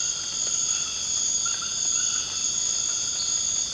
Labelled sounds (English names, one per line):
none